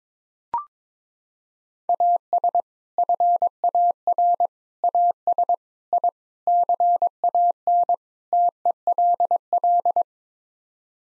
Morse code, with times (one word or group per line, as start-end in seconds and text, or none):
1.9-2.6 AS
3.0-4.5 FAR
4.8-5.5 AS
5.9-6.1 I
6.5-7.9 CAN
8.3-10.0 TELL